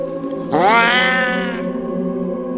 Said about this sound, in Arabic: مجرد ما فتحت الشنطة القطة نطت منها بمنتهى السرعة ووقفت عند باب قطي وبصت لي بصة مخيفة وصوتها كان يخوف أكتر.